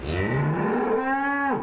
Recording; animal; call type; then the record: contact call of a hoofed animal; cattle; low-frequency (closed-mouth) or high-frequency (open-mouth) call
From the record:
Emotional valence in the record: negative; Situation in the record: full separation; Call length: 1.63 s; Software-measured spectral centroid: 1310 Hz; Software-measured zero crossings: 1570 a second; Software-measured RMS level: -24 dBFS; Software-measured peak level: -13 dBFS